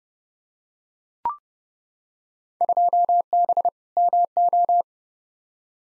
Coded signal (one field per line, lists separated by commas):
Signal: Morse code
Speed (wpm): 31 wpm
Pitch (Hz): 700 Hz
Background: none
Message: 2B MO